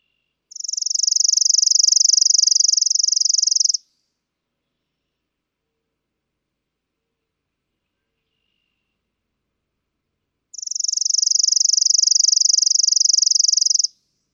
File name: Chipping Sparrow